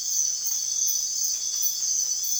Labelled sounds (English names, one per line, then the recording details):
none
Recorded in secondary vegetation near Puerto Asís, Putumayo, Colombia, on 30 June 2025 at 05:00
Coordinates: 0.498, -76.327
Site GP09